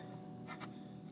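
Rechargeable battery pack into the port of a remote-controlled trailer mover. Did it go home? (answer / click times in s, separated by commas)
no / none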